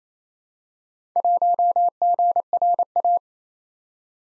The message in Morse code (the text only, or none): 1GRA